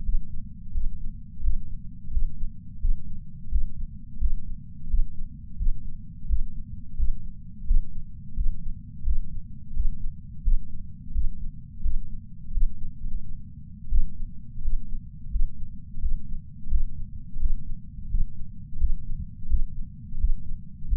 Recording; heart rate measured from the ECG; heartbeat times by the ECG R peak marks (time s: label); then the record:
heart sounds by patch sensor on the chest; 86 bpm
0.04 s: heartbeat
0.72 s: heartbeat
1.42 s: heartbeat
2.11 s: heartbeat
2.80 s: heartbeat
3.50 s: heartbeat
4.19 s: heartbeat
4.88 s: heartbeat
5.57 s: heartbeat
6.27 s: heartbeat
6.96 s: heartbeat
7.65 s: heartbeat
8.35 s: heartbeat
9.04 s: heartbeat
9.73 s: heartbeat
10.43 s: heartbeat
11.13 s: heartbeat
11.82 s: heartbeat
12.52 s: heartbeat
13.24 s: heartbeat
13.90 s: heartbeat
14.61 s: heartbeat
15.31 s: heartbeat
16.00 s: heartbeat
16.69 s: heartbeat
17.39 s: heartbeat
18.09 s: heartbeat
18.78 s: heartbeat
19.48 s: heartbeat
20.18 s: heartbeat
20.88 s: heartbeat
From the record:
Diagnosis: coronary artery disease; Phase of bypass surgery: postoperative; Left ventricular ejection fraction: 53.3%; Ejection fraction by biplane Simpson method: 55.1%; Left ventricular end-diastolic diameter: 44 mm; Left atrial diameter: 43 mm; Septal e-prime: 6 cm/s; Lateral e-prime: 8.6 cm/s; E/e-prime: 11.9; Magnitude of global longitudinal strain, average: 15.4%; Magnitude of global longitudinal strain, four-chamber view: 16.2%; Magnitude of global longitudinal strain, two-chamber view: 15.5%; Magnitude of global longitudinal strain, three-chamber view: 14.5%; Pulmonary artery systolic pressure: 30 mmHg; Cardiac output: 3.65 L/min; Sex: male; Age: 64 years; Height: 175 cm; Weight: 85 kg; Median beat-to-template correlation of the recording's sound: 0.88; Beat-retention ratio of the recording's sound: 1.00